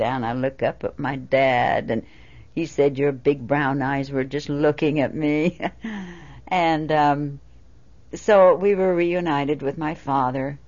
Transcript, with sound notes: I'd look up at my dad, and he said, "Your big brown eyes were just looking at me." (She laughs.) And so we were reunited with my father.